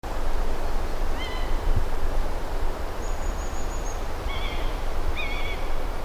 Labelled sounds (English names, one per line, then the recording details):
Common Buzzard call
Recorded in the wild
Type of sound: call
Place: Bernau bei Berlin, Probstheide, Brandenburg, DE
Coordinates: 52.7083, 13.5053
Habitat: coniferous forest
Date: 2007-07-08 13:56
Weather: wechselnd bewölkt, ca. 20°C, mäßiger Wind
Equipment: Sound Devices 702, Sennheiser MKH 416 T, Windkorb
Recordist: Frommolt, Karl-Heinz
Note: Waldgebiet nördlich des NSG Schönower Heide: Rufe eines Mäusebussards. Entfernung ca. 100 m. Aufnahme um 20 dB verstärkt